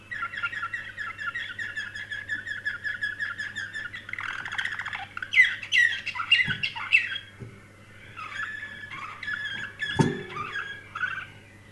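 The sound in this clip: Canary song of rapid buzzy trills and scattered sharp notes, with a few low knocks and a steady background hum.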